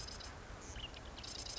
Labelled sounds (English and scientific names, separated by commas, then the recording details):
Marsh Wren (Cistothorus palustris)
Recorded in Sonoma County, California